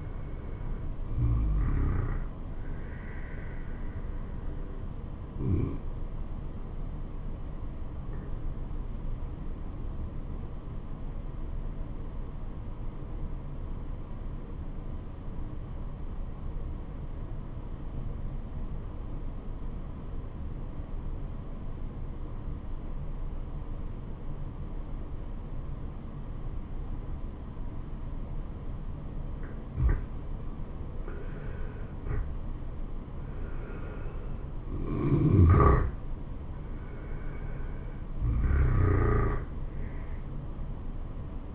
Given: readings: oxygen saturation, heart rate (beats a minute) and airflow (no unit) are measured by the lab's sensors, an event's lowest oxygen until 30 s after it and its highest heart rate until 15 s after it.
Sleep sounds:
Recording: breathing in sleep by a smartphone at the bedside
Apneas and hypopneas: 1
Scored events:
7.00-31.80 s: obstructive apnea (N2, oxygen 97% highest, then 86% lowest, heart rate 76 at the start, 77 highest)
From the record:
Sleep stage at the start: N2 (light sleep)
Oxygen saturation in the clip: 88 to 97%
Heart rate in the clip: 68 to 78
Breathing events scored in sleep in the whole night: 426 in 7.4 hours asleep

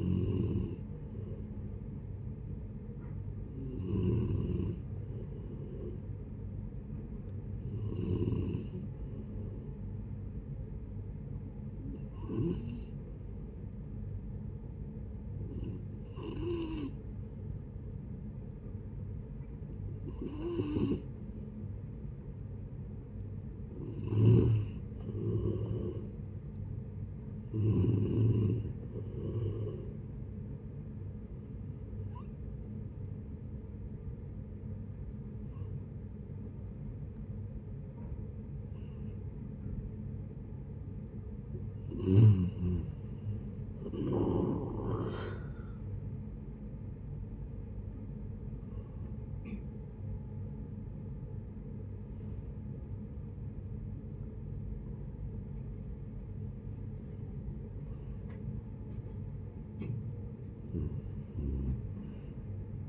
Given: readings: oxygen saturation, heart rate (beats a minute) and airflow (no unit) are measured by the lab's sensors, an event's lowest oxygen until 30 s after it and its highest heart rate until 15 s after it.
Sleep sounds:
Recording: breathing in sleep by a smartphone at the bedside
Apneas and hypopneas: 2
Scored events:
11.00-23.00 s: hypopnea (N2, oxygen 93% highest, then 89% lowest, heart rate 73 at the start, 76 highest)
14.00-44.00 s: new sleep stage, N3 (deep sleep)
32.00-46.30 s: hypopnea (N3, oxygen 93% highest, then 85% lowest, heart rate 76 at the start, 83 highest)
44.00-62.88 s: new sleep stage, N1 (lightest sleep)
From the record:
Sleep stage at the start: N2 (light sleep)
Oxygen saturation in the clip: 85 to 93%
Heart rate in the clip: 66 to 83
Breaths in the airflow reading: 15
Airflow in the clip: -16.6 to 15.4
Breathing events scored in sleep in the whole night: 496 in 5.4 hours asleep

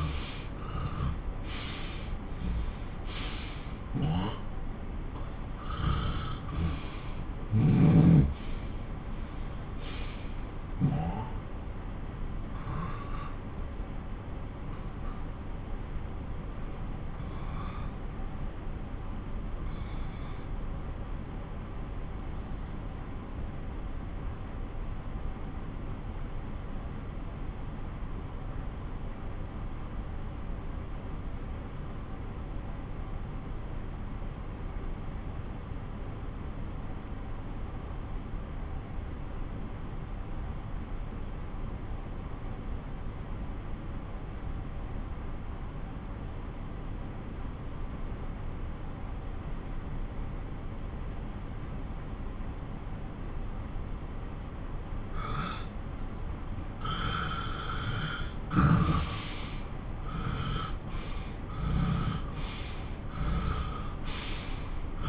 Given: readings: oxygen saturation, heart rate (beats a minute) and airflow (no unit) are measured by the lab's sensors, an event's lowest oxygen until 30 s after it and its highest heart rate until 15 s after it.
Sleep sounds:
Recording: breathing in sleep by a smartphone at the bedside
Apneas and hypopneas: 1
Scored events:
10.00-57.10 s: obstructive apnea (N1, oxygen 96% highest, then 90% lowest)
23.00-53.00 s: new sleep stage, N2 (light sleep)
53.00-65.09 s: new sleep stage, N1 (lightest sleep)
From the record:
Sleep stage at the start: N1 (lightest sleep)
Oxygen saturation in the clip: 87 to 96%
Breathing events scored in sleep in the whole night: 217 in 6.3 hours asleep

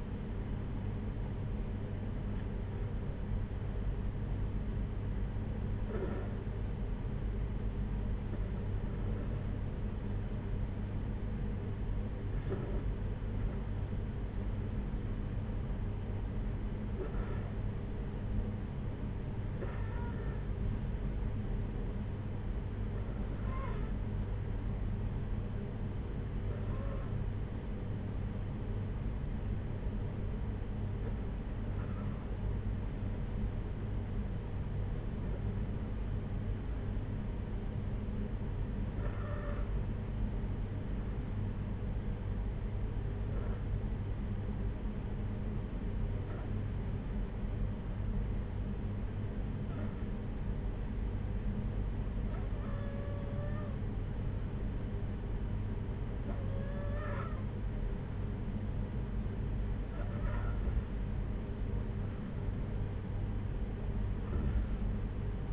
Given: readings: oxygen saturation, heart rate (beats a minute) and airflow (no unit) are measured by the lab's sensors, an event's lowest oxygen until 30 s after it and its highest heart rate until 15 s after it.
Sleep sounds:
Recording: breathing in sleep by a smartphone at the bedside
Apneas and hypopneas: 1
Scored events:
5.00-56.60 s: hypopnea (N2, oxygen 95% highest, then 92% lowest, heart rate 59 at the start, 62 highest)
From the record:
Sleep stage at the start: N2 (light sleep)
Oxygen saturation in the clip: 92 to 95%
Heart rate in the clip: 55 to 62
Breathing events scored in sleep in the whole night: 226 in 8.8 hours asleep

